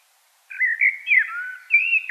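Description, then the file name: Common blackbird singing a brief, clear, flute-like phrase of smooth gliding whistles. "Turdus merula"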